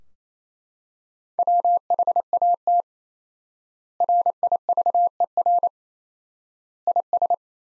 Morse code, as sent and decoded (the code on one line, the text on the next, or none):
.-- .... .- - / .-. .. ...- . .-. / .. ...
WHAT RIVER IS